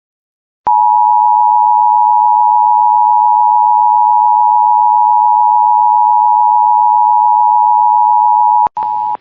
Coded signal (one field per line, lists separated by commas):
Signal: Emergency Alert System (SAME) tones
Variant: 853 and 960 Hz attention tone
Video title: My Reecom Finally Went Off For an SVR/TOR!!! EAS Alerts from 6/25/2026 (EAS 338-352)